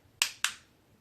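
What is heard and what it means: A plastic Elvie breast pump part is pushed into the pump housing and snaps in place with a sharp click at 0.2 s, followed by a second, slightly quieter click at 0.4 s. Both are short, bright snaps that fade quickly over a quiet background, and the part is seated.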